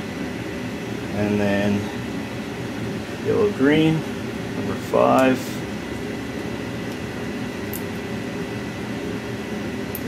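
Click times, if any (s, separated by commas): 7.8 s, 10.0 s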